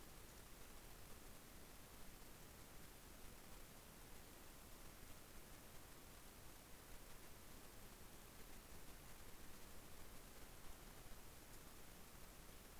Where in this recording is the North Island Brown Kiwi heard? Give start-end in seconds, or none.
none